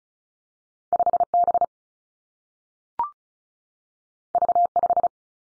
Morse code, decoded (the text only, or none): 5 B V 5